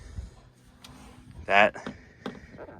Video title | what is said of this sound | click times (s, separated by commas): 2025 Cobalt CS23 | has a stopper there a little bit of rubber tension as it locks into place | 0.9 s